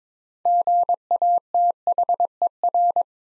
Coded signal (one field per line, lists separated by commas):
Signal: Morse code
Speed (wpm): 22 wpm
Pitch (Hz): 700 Hz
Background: none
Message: GATHER